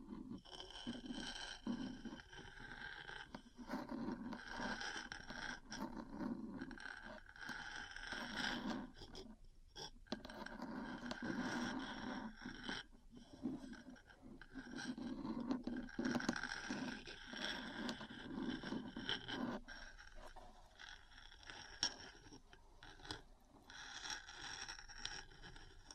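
Metal parts tap and scratch against each other in a busy, uneven stream of scraping, with frequent sharp clicks and knocks throughout. The grinding is dense and fairly bright, easing into short pauses near 9 and 20 seconds before resuming.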